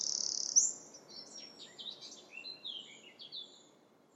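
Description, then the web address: Bird calls: a bright, high whistle-like note at the start, followed by a scattered series of short, thin chirps that fade toward the end. "Deverinetal 2025 File origin Bird Only"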